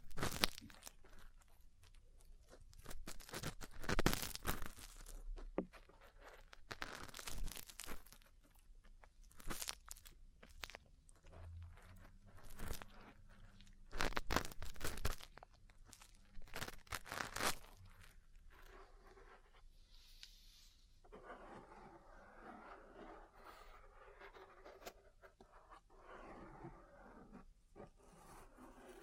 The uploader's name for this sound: Ear Cleaning, Massage, Cupping, Tapping